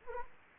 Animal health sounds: mosquito wingbeat signal from an infrared sensor; Anopheles arabiensis

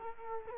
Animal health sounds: mosquito wingbeat signal from an infrared sensor; Culex quinquefasciatus

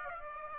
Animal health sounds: mosquito wingbeat signal from an infrared sensor; Aedes aegypti

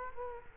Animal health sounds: mosquito wingbeat signal from an infrared sensor; Culex quinquefasciatus

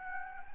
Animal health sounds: mosquito wingbeat signal from an infrared sensor; Anopheles gambiae

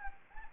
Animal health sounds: mosquito wingbeat signal from an infrared sensor; Anopheles gambiae

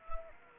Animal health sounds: mosquito wingbeat signal from an infrared sensor; Anopheles arabiensis

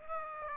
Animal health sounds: mosquito wingbeat signal from an infrared sensor; Aedes aegypti

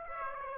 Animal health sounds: mosquito wingbeat signal from an infrared sensor; Aedes aegypti

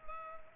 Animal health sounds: mosquito wingbeat signal from an infrared sensor; Culex pipiens

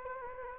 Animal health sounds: mosquito wingbeat signal from an infrared sensor; Anopheles gambiae

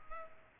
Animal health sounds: mosquito wingbeat signal from an infrared sensor; Culex pipiens

